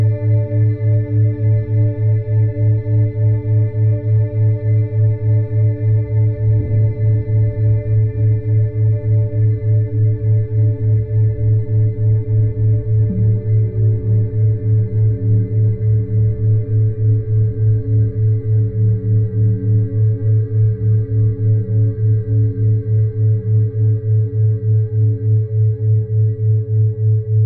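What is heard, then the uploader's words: A steady 432 Hz tone with a 3.4 Hz brainwave pulse, a low, humming drone that throbs rapidly and evenly throughout. Faint ringing overtones sit above it, and brief soft shifts near 7 and 13 seconds barely disturb the unchanging sound. 432 Hz + 3.4 Hz Brainwave.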